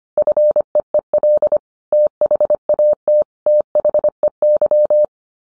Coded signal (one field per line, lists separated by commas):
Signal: Morse code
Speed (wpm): 25 wpm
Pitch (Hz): 600 Hz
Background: none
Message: FEEL THAT THEY